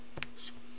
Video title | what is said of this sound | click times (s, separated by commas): ATD Safewatch Pro 3000 how to replace key fob batteries | and you'll feel it click | 0.2 s